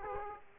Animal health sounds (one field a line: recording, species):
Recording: mosquito wingbeat signal from an infrared sensor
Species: Aedes aegypti